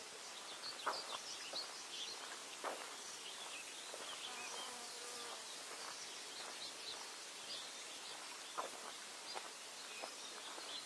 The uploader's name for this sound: idyllic bird singing atmosphere, with the footsteps